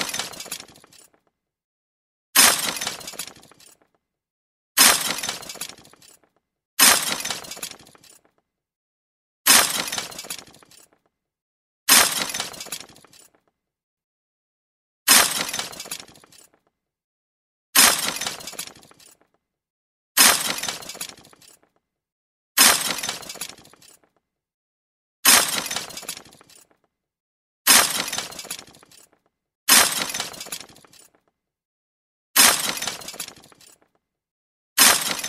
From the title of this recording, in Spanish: Sonido de cristales rompiendose